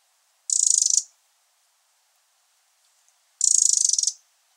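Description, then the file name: Eurasian wren calling with two buzzy, finely pulsed rattles close to three seconds apart, with silence between them. "Troglodytes troglodytes"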